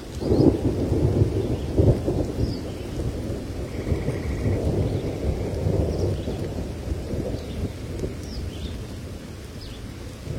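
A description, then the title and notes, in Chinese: Wind and rain lash together in a dense, low, rumbling roar, loudest in the first two seconds, with faint chirps flickering high above. 大自然的声音-野外露营1（风雨交加）。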